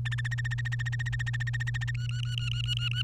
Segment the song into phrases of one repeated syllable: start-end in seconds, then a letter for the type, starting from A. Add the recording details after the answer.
0.05-1.91 A, 1.94-3.02 B. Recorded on 30 April 2018 at 15:21. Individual llb3